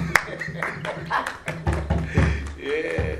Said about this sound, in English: Clap for yourselves. And then to me, to yourself. Round of applause to yourself.